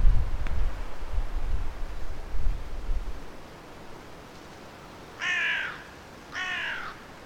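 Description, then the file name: Carrion crow giving two harsh, hoarse caws about a second apart near the end, after low rumbling noise in the opening seconds. "Corvus corone"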